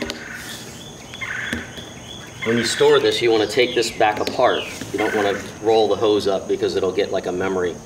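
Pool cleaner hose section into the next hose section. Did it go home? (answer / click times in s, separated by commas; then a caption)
yes / 0.1 s, 1.5 s. Plastic pool cleaner hose sections are pushed together end to end and snap into place, with sharp short clicks at 0.1 and 1.5 seconds. Someone then talks over faint background noise.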